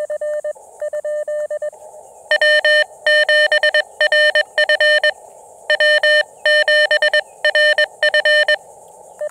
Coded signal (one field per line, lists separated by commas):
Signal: Morse code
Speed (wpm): 23 wpm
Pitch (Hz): 1800 Hz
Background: none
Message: W7RF W7RF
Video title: QRP POTA at Carolina Beach State Park: Testing a new KX2 Paddle Mount and Seeking Shade!